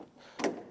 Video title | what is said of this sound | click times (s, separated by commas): Motorhead Garage - Ep 1610 | Now watch. Hear that click? We have a nice positive engagement. | 0.4 s